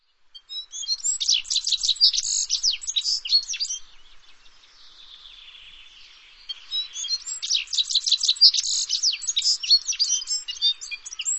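Bird singing two fast bursts of high, jumbled twittering notes, separated by a few seconds of soft hiss.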